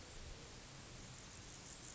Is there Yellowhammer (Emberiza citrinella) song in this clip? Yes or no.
no